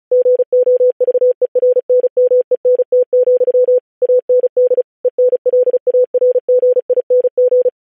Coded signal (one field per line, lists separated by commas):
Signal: Morse code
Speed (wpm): 36 wpm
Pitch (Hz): 500 Hz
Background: none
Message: GOVERNMENT, AND ENLARGING